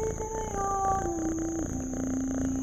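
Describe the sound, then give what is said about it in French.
An old tomcat on the road to Marathon meows in one long, drawn-out call that slides steadily downward in pitch, heard alone with a faint steady high whine underneath and no talking. “Excepté un chat qui se dandine sur la route de Marathon.”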